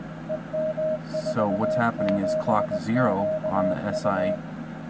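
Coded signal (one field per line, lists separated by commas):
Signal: Morse code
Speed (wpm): 19 wpm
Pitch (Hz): 630 Hz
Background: speech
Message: EM47QU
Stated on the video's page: Morse signal generated by an Etherkit Si5351a doing up-conversion.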